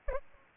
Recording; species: mosquito wingbeat signal from an infrared sensor; Aedes albopictus